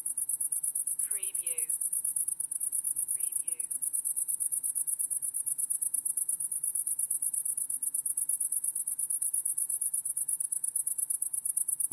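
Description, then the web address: Crickets chirping in a steady high-pitched pulsed trill, with two brief swooping calls from another animal early on. Crickets; wide stereo recording. "lynne-publishing Crickets Wide Stereo"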